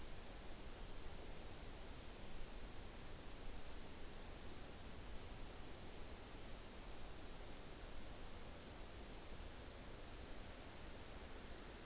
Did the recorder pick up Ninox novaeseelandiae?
no